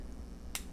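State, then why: Seated. The plastic chest panel of a transforming toy robot action figure is pushed closed over a flip-out seat in the torso. Against a quiet background, a single sharp, bright click sounds at 0.55 s. This is the second of the panel's two detent clicks, so the chest is fully closed and seated for robot mode.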